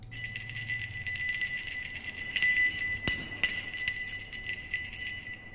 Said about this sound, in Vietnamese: Tiếng chuông khẽ leng keng kêu lên từ ngoài, theo bước chân của người nọ mà đi vào bên trong.